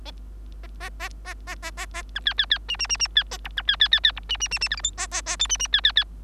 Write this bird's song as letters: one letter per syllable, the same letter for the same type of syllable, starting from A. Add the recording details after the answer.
A A A A A A A A B C C C D D D D C A E B C C C C E D D D D F G H A A A I D D C C C. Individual Bird3